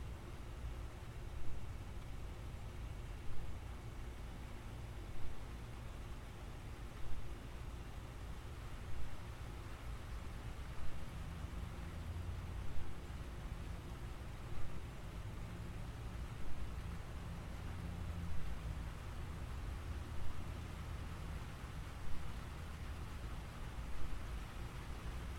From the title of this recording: Gentle Rain and Tin Sounds